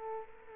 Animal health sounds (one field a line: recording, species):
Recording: mosquito wingbeat signal from an infrared sensor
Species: Culex quinquefasciatus